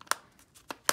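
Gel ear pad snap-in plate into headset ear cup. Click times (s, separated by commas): 0.1 s, 0.9 s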